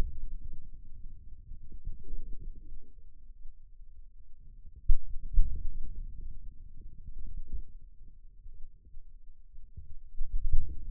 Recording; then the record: forearm muscle sounds (acoustic myography)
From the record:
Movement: outward rotation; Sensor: system 2, bracelet of six BSWA MPA416 microphones around the upper forearm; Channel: 2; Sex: male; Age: 22 years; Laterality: right